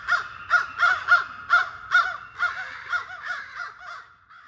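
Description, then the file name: American crow mobbing calls: loud, hoarse caws repeated quickly, about two per second, gradually fading toward the end. Crows mobbing a hawk. "AMCR mobbing hawk"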